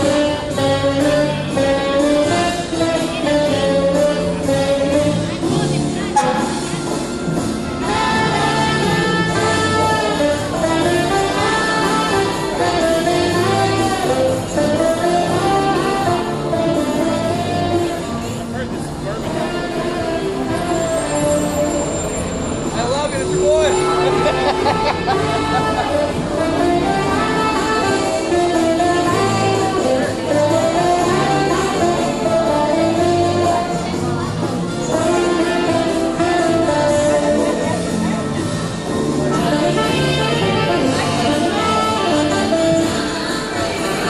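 Live jazz plays on Bourbon Street in New Orleans, a dense, steady wash of horns and rhythm that never drops out across the clip. Voices mix into the music throughout, with a brief dip in loudness around eighteen seconds before the band swells again.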